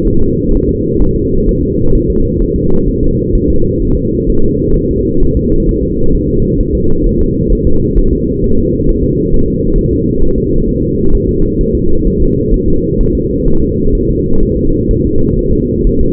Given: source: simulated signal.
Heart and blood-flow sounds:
fetal heart sounds
0.08 s: S1
0.22 s: S2
0.55 s: S1
0.69 s: S2
1.02 s: S1
1.16 s: S2
1.49 s: S1
1.63 s: S2
1.95 s: S1
2.10 s: S2
2.42 s: S1
2.56 s: S2
2.88 s: S1
3.03 s: S2
3.35 s: S1
3.50 s: S2
3.82 s: S1
3.97 s: S2
4.30 s: S1
4.44 s: S2
4.76 s: S1
4.91 s: S2
5.23 s: S1
5.37 s: S2
5.69 s: S1
5.83 s: S2
6.15 s: S1
6.29 s: S2
6.60 s: S1
6.75 s: S2
7.06 s: S1
7.21 s: S2
7.53 s: S1
7.67 s: S2
7.98 s: S1
8.13 s: S2
8.44 s: S1
8.58 s: S2
8.89 s: S1
9.03 s: S2
9.34 s: S1
9.48 s: S2
9.78 s: S1
9.93 s: S2
10.23 s: S1
10.38 s: S2
10.69 s: S1
10.83 s: S2
11.15 s: S1
11.29 s: S2
11.61 s: S1
11.75 s: S2
12.07 s: S1
12.22 s: S2
12.54 s: S1
12.68 s: S2
13.00 s: S1
13.15 s: S2
13.48 s: S1
13.62 s: S2
13.95 s: S1
14.09 s: S2
14.43 s: S1
14.57 s: S2
14.91 s: S1
15.05 s: S2
15.39 s: S1
15.53 s: S2
15.87 s: S1
16.01 s: S2
From the record:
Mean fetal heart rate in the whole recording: 130 bpm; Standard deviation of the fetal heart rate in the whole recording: 4 bpm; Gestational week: 38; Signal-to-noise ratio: -17.7 dB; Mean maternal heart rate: 72 bpm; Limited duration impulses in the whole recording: present

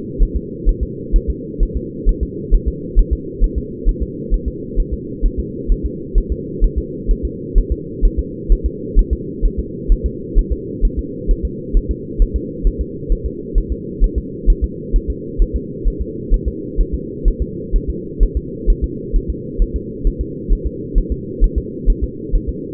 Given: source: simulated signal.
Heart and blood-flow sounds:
fetal heart sounds
0.23 s: S1
0.37 s: S2
0.69 s: S1
0.83 s: S2
1.16 s: S1
1.30 s: S2
1.63 s: S1
1.77 s: S2
2.09 s: S1
2.23 s: S2
2.54 s: S1
2.68 s: S2
2.99 s: S1
3.13 s: S2
3.44 s: S1
3.58 s: S2
3.89 s: S1
4.03 s: S2
4.34 s: S1
4.48 s: S2
4.80 s: S1
4.94 s: S2
5.26 s: S1
5.40 s: S2
5.72 s: S1
5.86 s: S2
6.18 s: S1
6.32 s: S2
6.64 s: S1
6.78 s: S2
7.11 s: S1
7.25 s: S2
7.58 s: S1
7.72 s: S2
8.05 s: S1
8.19 s: S2
8.52 s: S1
8.66 s: S2
8.99 s: S1
9.13 s: S2
9.46 s: S1
9.59 s: S2
9.92 s: S1
10.06 s: S2
10.39 s: S1
10.53 s: S2
10.85 s: S1
10.99 s: S2
11.31 s: S1
11.45 s: S2
11.77 s: S1
11.91 s: S2
12.22 s: S1
12.36 s: S2
12.67 s: S1
12.81 s: S2
13.12 s: S1
13.26 s: S2
13.58 s: S1
13.72 s: S2
14.04 s: S1
14.18 s: S2
14.50 s: S1
14.64 s: S2
14.96 s: S1
15.10 s: S2
15.42 s: S1
15.56 s: S2
15.88 s: S1
16.02 s: S2
16.34 s: S1
16.48 s: S2
16.81 s: S1
16.95 s: S2
17.28 s: S1
17.42 s: S2
17.76 s: S1
17.90 s: S2
18.23 s: S1
18.37 s: S2
18.70 s: S1
18.84 s: S2
19.16 s: S1
19.30 s: S2
19.62 s: S1
19.76 s: S2
20.07 s: S1
20.21 s: S2
20.53 s: S1
20.67 s: S2
20.98 s: S1
21.12 s: S2
21.44 s: S1
21.58 s: S2
21.90 s: S1
22.04 s: S2
22.35 s: S1
22.49 s: S2
From the record:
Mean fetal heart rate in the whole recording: 130 bpm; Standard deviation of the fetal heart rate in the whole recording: 4 bpm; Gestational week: 38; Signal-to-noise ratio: -4.1 dB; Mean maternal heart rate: no maternal heart sound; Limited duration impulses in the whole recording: absent

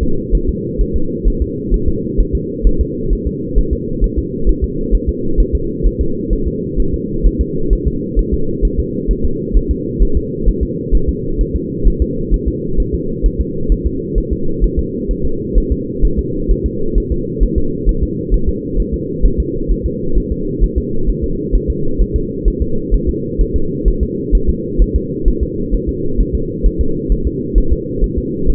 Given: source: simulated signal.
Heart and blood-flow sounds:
fetal heart sounds
0.03 s: S2
0.35 s: S1
0.49 s: S2
0.81 s: S1
0.96 s: S2
1.28 s: S1
1.42 s: S2
1.74 s: S1
1.88 s: S2
2.20 s: S1
2.35 s: S2
2.67 s: S1
2.81 s: S2
3.13 s: S1
3.27 s: S2
3.58 s: S1
3.73 s: S2
4.04 s: S1
4.18 s: S2
4.49 s: S1
4.64 s: S2
4.94 s: S1
5.09 s: S2
5.40 s: S1
5.55 s: S2
5.86 s: S1
6.01 s: S2
6.33 s: S1
6.47 s: S2
6.80 s: S1
6.94 s: S2
7.26 s: S1
7.41 s: S2
7.73 s: S1
7.87 s: S2
8.19 s: S1
8.34 s: S2
8.65 s: S1
8.79 s: S2
9.11 s: S1
9.25 s: S2
9.56 s: S1
9.71 s: S2
10.02 s: S1
10.17 s: S2
10.48 s: S1
10.63 s: S2
10.95 s: S1
11.09 s: S2
11.41 s: S1
11.56 s: S2
11.87 s: S1
12.02 s: S2
12.34 s: S1
12.48 s: S2
12.80 s: S1
12.94 s: S2
13.26 s: S1
13.41 s: S2
13.72 s: S1
13.86 s: S2
14.18 s: S1
14.32 s: S2
14.64 s: S1
14.79 s: S2
15.11 s: S1
15.25 s: S2
15.58 s: S1
15.72 s: S2
16.05 s: S1
16.19 s: S2
16.51 s: S1
16.66 s: S2
16.98 s: S1
17.12 s: S2
17.43 s: S1
17.58 s: S2
17.89 s: S1
18.03 s: S2
18.34 s: S1
18.49 s: S2
18.80 s: S1
18.94 s: S2
19.25 s: S1
19.40 s: S2
19.71 s: S1
19.86 s: S2
20.17 s: S1
20.32 s: S2
20.64 s: S1
20.78 s: S2
21.09 s: S1
21.24 s: S2
21.55 s: S1
21.70 s: S2
22.01 s: S1
22.16 s: S2
22.48 s: S1
22.62 s: S2
22.94 s: S1
23.09 s: S2
23.41 s: S1
23.56 s: S2
23.88 s: S1
24.03 s: S2
24.35 s: S1
24.49 s: S2
24.82 s: S1
24.96 s: S2
25.28 s: S1
25.43 s: S2
25.74 s: S1
25.89 s: S2
26.20 s: S1
26.35 s: S2
26.66 s: S1
26.81 s: S2
27.12 s: S1
27.27 s: S2
27.58 s: S1
27.72 s: S2
28.04 s: S1
28.18 s: S2
28.50 s: S1
From the record:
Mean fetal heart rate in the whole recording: 130 bpm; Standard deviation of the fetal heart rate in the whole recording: 2 bpm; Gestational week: 36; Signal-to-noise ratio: -8.1 dB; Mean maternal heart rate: 72 bpm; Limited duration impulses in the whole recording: absent

